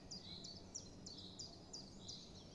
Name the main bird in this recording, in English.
Common Chiffchaff